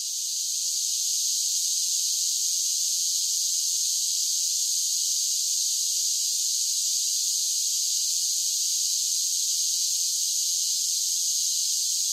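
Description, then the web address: Many cicadas buzzing together, a steady high shimmering drone that rises quickly at the start and stays constant. Large groups of cicadas singing together, a buzzing chorus song. "Blastwave INSECTS Cicadas Sing. cicadas sing song buzz large groups singing insect bug"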